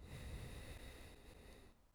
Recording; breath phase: one breath near a microphone; exhalation